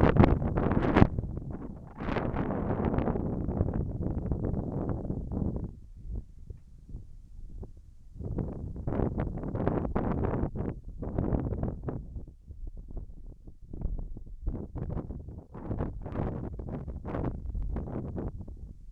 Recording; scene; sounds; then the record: everyday scene through a hearing-aid microphone; wind on the microphone; wind, whistling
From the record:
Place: in front of a rural house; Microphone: behind the ear, left, front